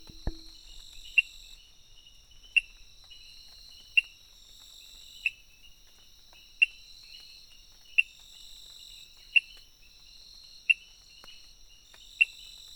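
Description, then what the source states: Frog giving brief, bright clicks at a regular pace, roughly every second and a half, with a continuous shrill insect drone behind and a faint knock at the start. Recorded on 23 June 2018 between 18:00 and 20:00.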